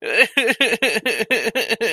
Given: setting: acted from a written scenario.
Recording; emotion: vocal sound without words; distress